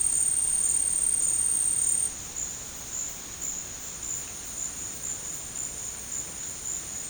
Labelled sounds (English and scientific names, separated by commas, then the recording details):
none
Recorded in secondary vegetation near Puerto Asís, Putumayo, Colombia, on 24 March 2025 at 13:00
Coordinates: 0.502, -76.326
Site G100